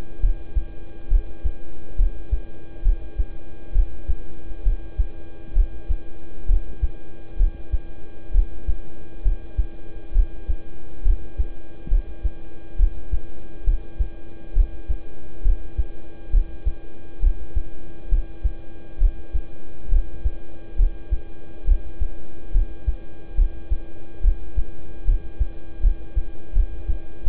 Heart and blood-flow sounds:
heart sounds by stethoscope; between the tricuspid and mitral areas; 69 bpm
0.20 s: heartbeat
1.08 s: heartbeat
1.96 s: heartbeat
2.82 s: heartbeat
3.72 s: heartbeat
4.63 s: heartbeat
5.53 s: heartbeat
6.46 s: heartbeat
7.36 s: heartbeat
8.31 s: heartbeat
9.22 s: heartbeat
10.12 s: heartbeat
11.02 s: heartbeat
11.88 s: heartbeat
12.76 s: heartbeat
13.64 s: heartbeat
14.53 s: heartbeat
15.42 s: heartbeat
16.30 s: heartbeat
17.20 s: heartbeat
18.09 s: heartbeat
18.98 s: heartbeat
19.89 s: heartbeat
20.76 s: heartbeat
21.64 s: heartbeat
22.51 s: heartbeat
23.35 s: heartbeat
24.21 s: heartbeat
25.04 s: heartbeat
25.80 s: heartbeat
26.53 s: heartbeat
27.24 s: heartbeat
From the record:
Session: rest, lying down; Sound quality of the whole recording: good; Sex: male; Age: 26 years

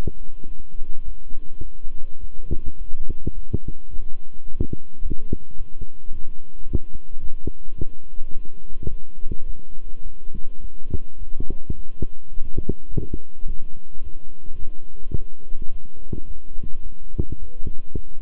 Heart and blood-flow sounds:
heart sounds by stethoscope; between the tricuspid and mitral areas; 106 bpm
0.46 s: heartbeat
1.04 s: heartbeat
1.61 s: heartbeat
2.19 s: heartbeat
2.77 s: heartbeat
3.33 s: heartbeat
3.89 s: heartbeat
4.45 s: heartbeat
5.01 s: heartbeat
5.56 s: heartbeat
6.11 s: heartbeat
6.66 s: heartbeat
7.21 s: heartbeat
7.76 s: heartbeat
8.32 s: heartbeat
8.89 s: heartbeat
9.45 s: heartbeat
10.02 s: heartbeat
10.60 s: heartbeat
11.17 s: heartbeat
11.74 s: heartbeat
12.32 s: heartbeat
12.89 s: heartbeat
13.46 s: heartbeat
14.02 s: heartbeat
14.58 s: heartbeat
15.14 s: heartbeat
15.70 s: heartbeat
16.26 s: heartbeat
16.82 s: heartbeat
17.38 s: heartbeat
17.94 s: heartbeat
From the record:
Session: walking at 3.7 km/h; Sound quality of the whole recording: good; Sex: male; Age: 26 years

